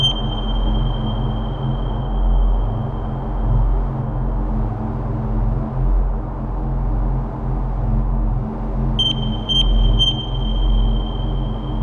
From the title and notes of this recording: Record the sound of an apartment on a large interstellar ship. Interstellar Ambience.